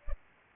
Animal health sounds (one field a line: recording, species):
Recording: mosquito wingbeat signal from an infrared sensor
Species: Culex pipiens